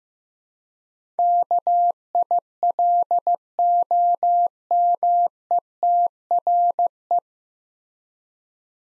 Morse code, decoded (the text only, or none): KILOMETRE